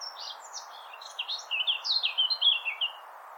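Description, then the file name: Eurasian blackcap song: soft, scratchy notes at first, then a louder run of clear, quick warbled phrases, with a constant background hiss. "Sylvia atricapilla"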